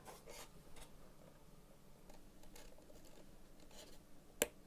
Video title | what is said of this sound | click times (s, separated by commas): Hatching Chicken Eggs: The Ultimate Guide Using The Amazon Incubator #incubator #raisingchickens | and you should hear it click into place so this is | 4.4 s